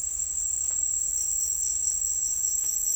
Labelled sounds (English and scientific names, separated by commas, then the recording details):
none
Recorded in secondary vegetation near Puerto Asís, Putumayo, Colombia, on 21 December 2024 at 09:00
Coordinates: 0.484, -76.319
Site GP06